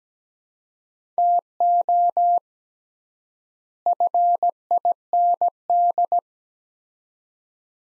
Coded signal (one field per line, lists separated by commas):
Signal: Morse code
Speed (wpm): 17 wpm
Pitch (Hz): 700 Hz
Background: none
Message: TO FIND